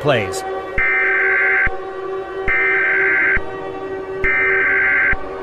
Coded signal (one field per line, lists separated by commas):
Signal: Emergency Alert System (SAME) tones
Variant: header bursts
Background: speech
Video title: EAS Scenario: Vanta’s Death